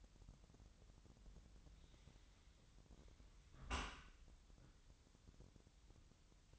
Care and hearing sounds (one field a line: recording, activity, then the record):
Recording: daily activity, microphone in the room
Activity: close dishwasher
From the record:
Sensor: 3